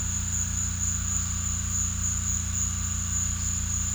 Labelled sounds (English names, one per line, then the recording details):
none
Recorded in secondary vegetation near Puerto Asís, Putumayo, Colombia, on 18 December 2024 at 14:30
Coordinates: 0.485, -76.322
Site GP08